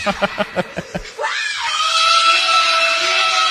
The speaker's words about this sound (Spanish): Y ese grito es de una persona de más de 60 y pico años. Chicos, ella explota en locura. Esto fue en Quilmes. Ay, pobre. Le está gritando a cualquier persona que se le acerque. Ella está detrás de una ventanilla.